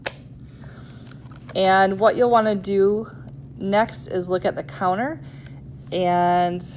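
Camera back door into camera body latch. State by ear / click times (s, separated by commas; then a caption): seated / 0.1 s. The hinged back door of a film camera is closed over the loaded film and snaps shut into the camera body with a sharp click at 0.1 s, latching tight. A few faint ticks follow around 1.1–1.4 s, and then someone talks.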